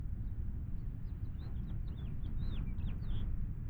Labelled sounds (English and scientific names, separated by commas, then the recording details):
House Finch (Haemorhous mexicanus) song
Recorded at Wantagh on Long Island, New York, on 21 May 1975
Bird G